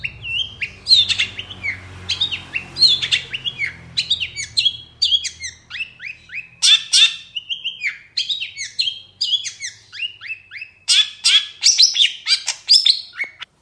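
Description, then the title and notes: Long-tailed shrike song, an unbroken stream of varied scratchy notes, rising and falling whistles and harsh chatter, dense throughout with short gaps. Long-tailed shrike singing actively in the morning with a varied, full song; recording meant as a lure and tutor for other long-tailed shrikes. "Cendet Gacor Dor Di Kala Pagi Toet Toet Variasi Suara. CENDET GACOR DOR FULL ISIAN COCOK UNTUK PANCINGAN & MASTERAN CENDET APAPUN - PENTET GACOR DOR. Burung cendet"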